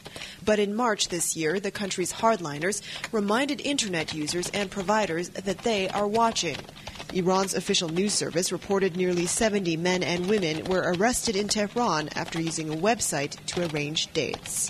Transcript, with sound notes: But in March this year, the country’s hardliners reminded Internet users and providers that they are watching. [The sound of a clacking keyboard] Iran’s official news service reported nearly 70 men and women were arrested in Tehran after using a website to arrange dates.